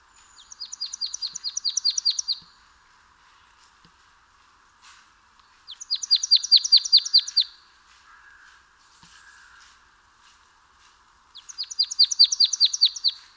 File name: Poecile palustris